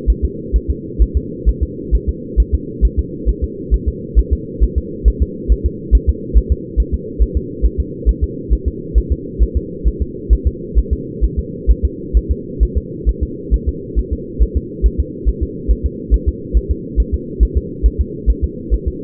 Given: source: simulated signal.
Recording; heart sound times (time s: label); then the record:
fetal heart sounds
0.10 s: S1
0.24 s: S2
0.56 s: S1
0.70 s: S2
1.02 s: S1
1.17 s: S2
1.49 s: S1
1.63 s: S2
1.95 s: S1
2.09 s: S2
2.40 s: S1
2.54 s: S2
2.85 s: S1
2.99 s: S2
3.29 s: S1
3.44 s: S2
3.74 s: S1
3.88 s: S2
4.19 s: S1
4.33 s: S2
4.63 s: S1
4.78 s: S2
5.08 s: S1
5.22 s: S2
5.52 s: S1
5.66 s: S2
5.95 s: S1
6.09 s: S2
6.37 s: S1
6.52 s: S2
6.80 s: S1
6.94 s: S2
7.22 s: S1
7.37 s: S2
7.65 s: S1
7.80 s: S2
8.09 s: S1
8.23 s: S2
8.53 s: S1
8.68 s: S2
8.98 s: S1
9.12 s: S2
9.42 s: S1
9.57 s: S2
9.87 s: S1
10.02 s: S2
10.33 s: S1
10.47 s: S2
10.78 s: S1
10.93 s: S2
11.24 s: S1
11.39 s: S2
11.70 s: S1
11.85 s: S2
12.17 s: S1
12.31 s: S2
12.63 s: S1
12.77 s: S2
13.09 s: S1
13.23 s: S2
13.54 s: S1
13.68 s: S2
13.99 s: S1
14.13 s: S2
14.42 s: S1
14.57 s: S2
14.86 s: S1
15.00 s: S2
15.28 s: S1
15.43 s: S2
15.71 s: S1
15.86 s: S2
16.14 s: S1
16.28 s: S2
16.57 s: S1
16.71 s: S2
17.00 s: S1
17.14 s: S2
17.43 s: S1
17.57 s: S2
17.86 s: S1
18.01 s: S2
18.30 s: S1
18.44 s: S2
18.74 s: S1
18.88 s: S2
From the record:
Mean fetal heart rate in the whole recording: 135 bpm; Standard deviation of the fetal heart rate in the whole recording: 3 bpm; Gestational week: 34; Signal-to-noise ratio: -4.1 dB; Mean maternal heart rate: no maternal heart sound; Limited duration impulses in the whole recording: absent